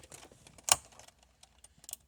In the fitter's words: it so we got it clicked in and